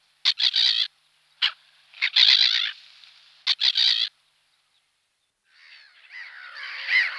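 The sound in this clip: Black-headed gull giving harsh, grating calls in short bursts, several squawks clustered together, then a rougher drawn-out call after a silent gap.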